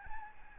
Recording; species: mosquito wingbeat signal from an infrared sensor; Aedes albopictus